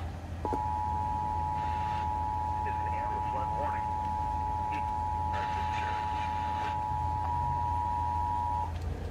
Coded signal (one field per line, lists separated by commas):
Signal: Emergency Alert System (SAME) tones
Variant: 853 and 960 Hz attention tone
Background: speech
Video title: EAS Compilation: Flooding Fun & Sage Debut (2/17/23) EAS 1605-1622